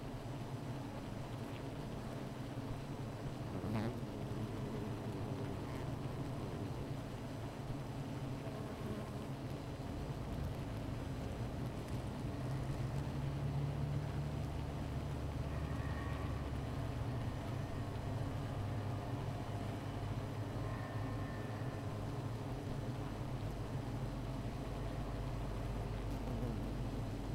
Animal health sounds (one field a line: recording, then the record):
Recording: honeybee colony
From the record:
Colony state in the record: missing queen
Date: 14 July 2017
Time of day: 15:44